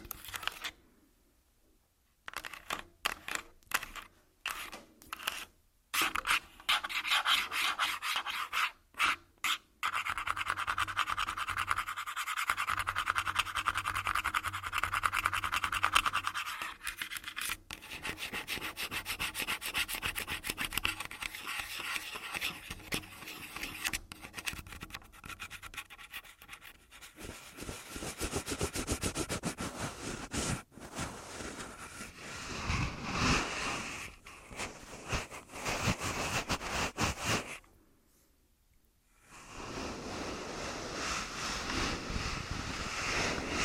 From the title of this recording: Tascam Full Body Tapping & Scratching